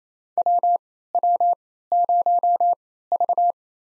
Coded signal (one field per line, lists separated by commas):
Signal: Morse code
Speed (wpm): 28 wpm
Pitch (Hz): 700 Hz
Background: none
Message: WW0V